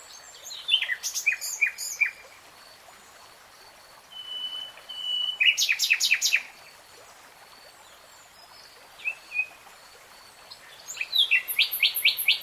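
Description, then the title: Nightingale song: separate phrases of sharp descending notes and short rapid trills, one pure whistle between them, with pauses and faint background birdsong. Singing, in a 3-hour real-time recording. "[Tiếng chim hót] Nightingale Singing"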